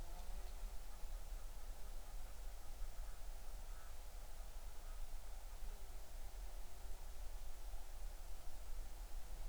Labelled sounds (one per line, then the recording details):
bird
insects
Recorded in the Arctic National Wildlife Refuge, Alaska, on 20 July 2019 at 02:42
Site 38